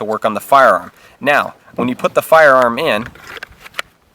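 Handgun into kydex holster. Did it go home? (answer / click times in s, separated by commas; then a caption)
yes / 3.8 s. A handgun is pushed into a molded kydex appendix holster with screw-adjusted retention. Someone talks for most of the clip. A single sharp click at 3.8 s marks the pistol locking into the holster's retention, fully seated.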